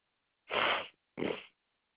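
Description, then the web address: Koala snorts: two loud, rough, breathy exhalations, the first longer, separated by a short pause, with near silence around them. Recorded on 3 7 2021. "Koala CS HMCrecordings 3 7 2021"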